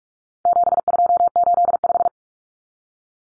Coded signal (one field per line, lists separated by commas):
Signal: Morse code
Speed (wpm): 44 wpm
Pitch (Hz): 700 Hz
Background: none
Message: 7285